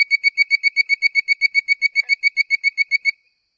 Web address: Frog Hyla Avivoca